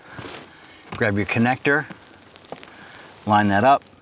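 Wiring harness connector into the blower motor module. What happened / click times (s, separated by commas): The connector is handled and lined up but not yet seated / none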